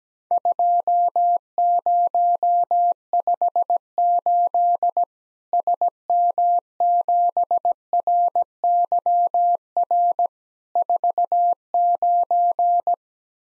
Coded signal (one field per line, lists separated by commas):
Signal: Morse code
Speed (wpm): 17 wpm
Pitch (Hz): 700 Hz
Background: none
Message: 2058 SM7RYR 49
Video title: Worked All Europe DX Contest QTC Exchange 17wpm